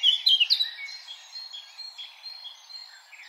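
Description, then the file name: Eurasian blackcap giving a loud burst of fluty, tumbling notes that quickly fades into softer, scratchy warbling. "Sylvia atricapilla"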